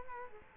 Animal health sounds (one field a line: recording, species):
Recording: mosquito wingbeat signal from an infrared sensor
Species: Culex quinquefasciatus